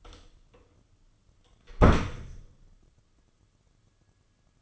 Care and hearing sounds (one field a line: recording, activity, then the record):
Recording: daily activity, microphone in the room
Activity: close door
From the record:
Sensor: 4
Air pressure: 995.2 hPa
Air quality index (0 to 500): 188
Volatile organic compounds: 108 ppm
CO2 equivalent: 3804 ppm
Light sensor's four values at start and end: 20/53/21/25 and 8/18/7/8